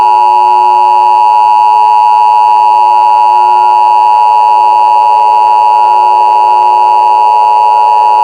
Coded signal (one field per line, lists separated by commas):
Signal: Emergency Alert System (SAME) tones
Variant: 853 and 960 Hz attention tone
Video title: Volcanic Rampage - An EAS Scenario